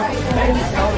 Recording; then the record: background sound without coughing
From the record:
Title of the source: Nightlife Party Simulating Party Club Noise 1 Hour